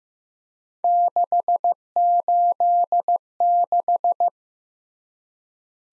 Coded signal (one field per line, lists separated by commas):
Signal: Morse code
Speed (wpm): 15 wpm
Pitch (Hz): 700 Hz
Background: none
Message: 686